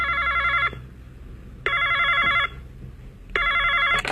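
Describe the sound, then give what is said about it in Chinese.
A telephone at the Pan-Pacific Travel Agency rings in three loud electronic bursts, each a warbling high-pitched trill lasting under a second, separated by short pauses over a low background hum. “Hello， 泛太平洋旅行社 ，Can I help you？”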